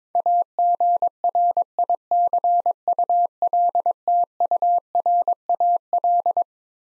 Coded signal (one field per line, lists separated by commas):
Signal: Morse code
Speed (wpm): 22 wpm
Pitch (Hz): 700 Hz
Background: none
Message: AGRICULTURAL